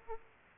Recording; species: mosquito wingbeat signal from an infrared sensor; Aedes aegypti